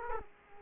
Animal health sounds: mosquito wingbeat signal from an infrared sensor; Culex quinquefasciatus

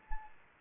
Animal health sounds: mosquito wingbeat signal from an infrared sensor; Anopheles arabiensis

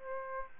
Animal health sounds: mosquito wingbeat signal from an infrared sensor; Aedes aegypti

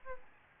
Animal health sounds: mosquito wingbeat signal from an infrared sensor; Aedes albopictus

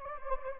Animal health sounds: mosquito wingbeat signal from an infrared sensor; Anopheles gambiae

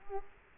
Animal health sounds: mosquito wingbeat signal from an infrared sensor; Culex quinquefasciatus

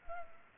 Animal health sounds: mosquito wingbeat signal from an infrared sensor; Culex pipiens

